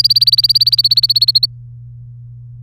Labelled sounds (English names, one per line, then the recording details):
Domestic Canary song
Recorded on 3 May 2018 at 17:39
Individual llb3